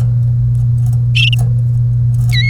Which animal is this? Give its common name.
Domestic Canary